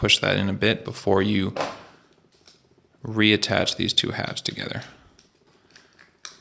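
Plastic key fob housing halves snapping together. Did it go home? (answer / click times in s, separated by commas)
yes / 6.2 s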